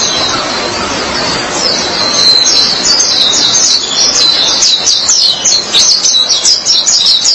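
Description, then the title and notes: White-eye twittering song, starting softer and growing into a fast, high, jittery run of chirps and trills. "Suara kicauan burung pleci"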